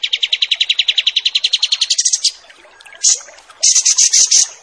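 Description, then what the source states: Kapas tembak song: a rapid high pulsed trill for two seconds, rising briefly at the end, followed after a pause by sharp high chirps and short bursts of notes. Wild bird; recording made as master training material for songbirds.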